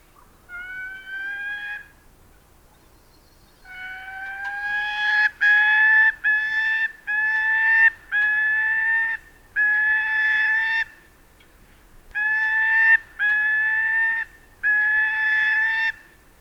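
Bird calls: long, clear tonal notes with strong harmonics, each about a second, given singly at first and then in a steady run of several with short gaps.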